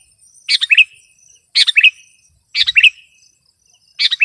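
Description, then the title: Sooty-headed bulbul calling four quick chattering phrases, each a cluster of rapid notes about a second apart, over a faint high hum. "kutilang"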